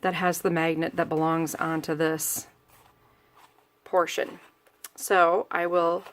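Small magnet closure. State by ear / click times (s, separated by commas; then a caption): not seated / none. Someone talks while handling an album flap carrying one half of a heavy-duty magnetic closure, which is meant to go onto the mating magnet half on the album's folding board panel. Faint handling sounds fill a pause between the speech, and nothing has seated or clicked yet.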